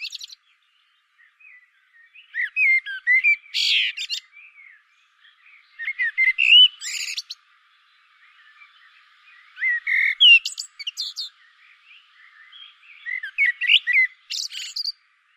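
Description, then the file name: Common blackbird song: low fluty warbled phrases, each ending in a high squeaky twitter, delivered about every three to four seconds with short pauses between. "Turdus merula"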